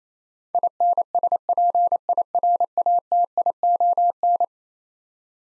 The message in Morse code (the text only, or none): INSPIRATION